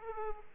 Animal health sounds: mosquito wingbeat signal from an infrared sensor; Aedes aegypti

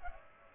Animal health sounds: mosquito wingbeat signal from an infrared sensor; Aedes aegypti

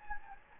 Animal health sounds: mosquito wingbeat signal from an infrared sensor; Anopheles gambiae

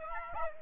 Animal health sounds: mosquito wingbeat signal from an infrared sensor; Aedes aegypti

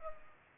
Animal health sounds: mosquito wingbeat signal from an infrared sensor; Culex pipiens

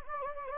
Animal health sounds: mosquito wingbeat signal from an infrared sensor; Anopheles gambiae

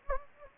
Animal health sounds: mosquito wingbeat signal from an infrared sensor; Anopheles gambiae

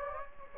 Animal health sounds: mosquito wingbeat signal from an infrared sensor; Anopheles gambiae

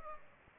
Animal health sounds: mosquito wingbeat signal from an infrared sensor; Culex pipiens

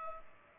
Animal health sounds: mosquito wingbeat signal from an infrared sensor; Culex pipiens

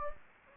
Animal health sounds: mosquito wingbeat signal from an infrared sensor; Anopheles gambiae

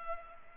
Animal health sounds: mosquito wingbeat signal from an infrared sensor; Culex pipiens

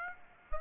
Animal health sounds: mosquito wingbeat signal from an infrared sensor; Aedes aegypti

